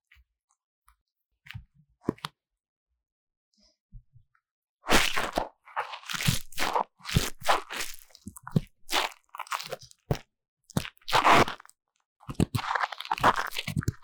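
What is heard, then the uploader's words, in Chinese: Deep ear cleaning sounds: the first five seconds are mostly quiet, with a few soft isolated clicks and taps. From about five seconds on, dense crunchy scratching and crackling bursts follow in quick irregular clusters, with short gaps, ending in a thick rustling stretch. 強烈的耳朵深層清理 | 耳掃除 | Deep Ear Cleaning | NoTalking。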